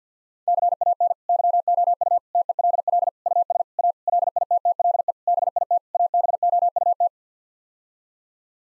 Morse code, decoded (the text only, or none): CAN YOU TELL US A LITTLE BIT ABOUT